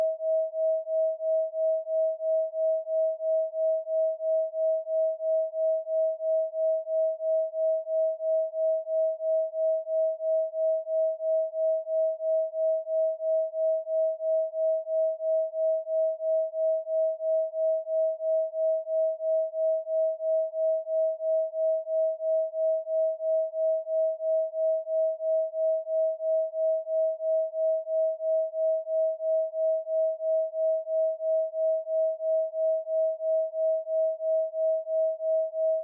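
A delta binaural beat built from two steady pure tones at 639Hz and 642Hz, blending into a single clear mid-pitched hum. The loudness pulses gently and evenly about three times a second, unchanging for the whole clip, with nothing else underneath.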